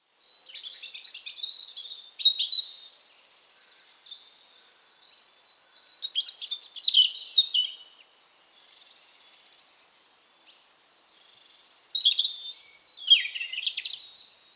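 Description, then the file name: European robin delivering three separated phrases of high twittering and descending slurred whistles, with quiet gaps between bursts. "Erithacus rubecula"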